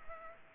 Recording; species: mosquito wingbeat signal from an infrared sensor; Culex pipiens